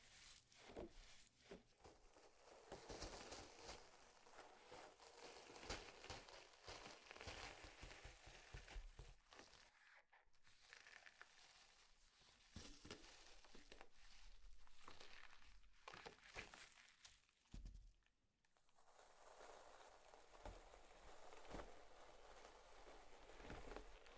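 Slime being squished and worked, with dense, continuous wet crackles and crinkly pops that fill the whole 24 seconds. The texture is bright and busy, with brief quieter pauses near 10 and 18 seconds before the squelching resumes at a steady level.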